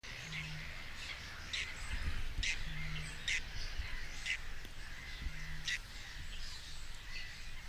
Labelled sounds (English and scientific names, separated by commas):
Whiskered Tern (Chlidonias hybrida) flight call